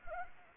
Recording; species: mosquito wingbeat signal from an infrared sensor; Anopheles gambiae